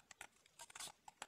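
A 2.5-inch SSD is handled and gently pushed toward its drive bracket inside a Dell N5110 laptop during an HDD-to-SSD upgrade. Short, sharp plastic and metal ticks and scrapes are heard, with a denser rustle around 0.8 s and a crisp tick near 1.2 s. Nothing has seated or clicked into place yet.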